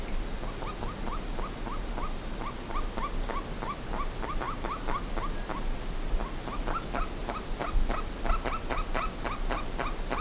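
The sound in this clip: Bird calls, a regular string of short notes, then busier calling, with steady background rumble.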